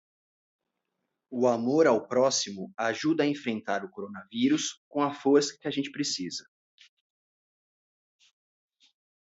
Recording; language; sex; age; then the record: spoken sentence; Brazilian Portuguese; male; 40 to 49 years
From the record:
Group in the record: control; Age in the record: 40 years